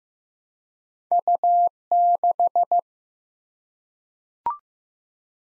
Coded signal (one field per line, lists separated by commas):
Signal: Morse code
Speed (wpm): 15 wpm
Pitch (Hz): 700 Hz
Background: none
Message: U6